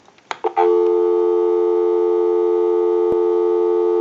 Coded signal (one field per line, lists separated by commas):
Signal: telephone call progress tone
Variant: North America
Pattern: dial tone